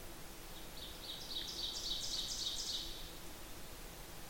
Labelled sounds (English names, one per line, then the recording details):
Ovenbird song
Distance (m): 50 m
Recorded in boreal forest in Alberta, Canada, on 8 June 2016 at 07:46
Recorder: SongMeter 3, array SBT-3-9
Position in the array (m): 40 m, 99 m
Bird 33